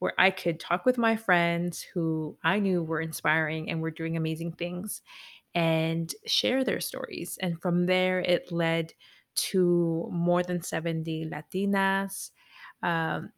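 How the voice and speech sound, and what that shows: A woman speaks fluently in a clear mid-pitched voice, with only ordinary brief hesitations; typical speech.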